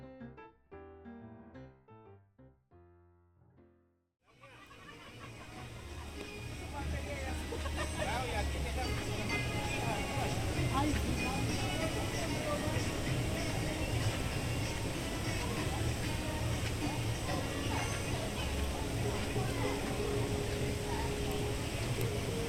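A walk through Animal Kingdom park in Walt Disney World opens with a few seconds of music that breaks off into a brief near-silence. Then a dense, steady wash of crowd chatter and voices builds in, with a low rumble underneath that holds to the end.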